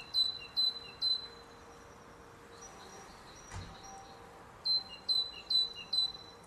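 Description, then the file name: Great tit calling in bright two-note phrases, a sharp high note dropping to a lower one, repeated in short bursts with a quiet gap in the middle. "Parus major"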